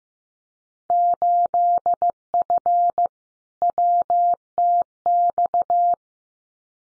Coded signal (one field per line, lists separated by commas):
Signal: Morse code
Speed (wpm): 15 wpm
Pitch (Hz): 700 Hz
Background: none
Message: 8F WTX